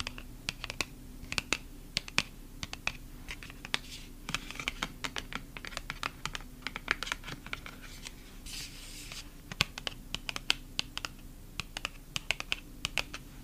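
Fingernails tap rapidly on photocards, producing crisp, bright clicks in quick irregular bursts throughout, several per second, some sharper and louder than others. Around eight to nine seconds a brief scratchy rustle joins in. A faint steady low hum sits underneath.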